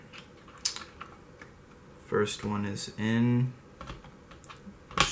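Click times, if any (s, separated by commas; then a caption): 5.0 s. The first SO-DIMM memory module is pushed down into the lower memory slot of a late 2008 15-inch MacBook Pro, with light clicks and taps while someone talks. At 5.0 s the retaining clips catch with a sharp click, and the module is locked into place.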